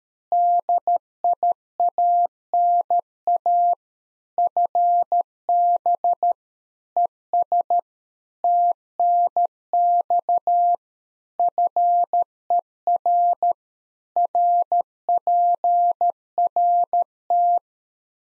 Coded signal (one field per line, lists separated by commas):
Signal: Morse code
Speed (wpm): 13 wpm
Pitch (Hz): 700 Hz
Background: none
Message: DIANA FB ES TNX FER RPRT